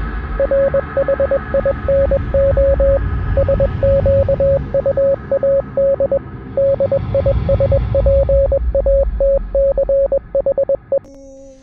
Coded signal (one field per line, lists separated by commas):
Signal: Morse code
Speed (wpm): 20 wpm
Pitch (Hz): 550 Hz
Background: radio noise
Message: RHINO SQUAD DISPATCHE